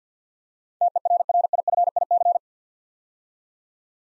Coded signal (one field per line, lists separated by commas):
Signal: Morse code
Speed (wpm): 47 wpm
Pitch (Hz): 700 Hz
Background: none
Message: TERRIFIC